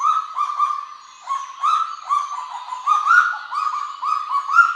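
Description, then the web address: Kagu giving a series of ringing, sustained notes, some overlapping. "sound Kagu. صدای-پرنده-کاگو"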